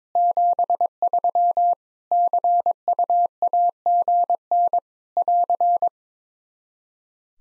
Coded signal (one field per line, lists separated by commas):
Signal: Morse code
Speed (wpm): 22 wpm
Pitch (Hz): 700 Hz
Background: none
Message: 73 CUAGN <AR>